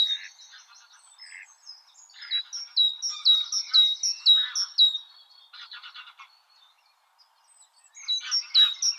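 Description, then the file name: Great tit repeating high two-note phrases in a quick series, with a quiet pause near the end before the phrases resume. "Parus major"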